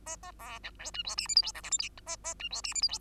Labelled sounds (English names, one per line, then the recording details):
Bengalese Finch song
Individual Bird2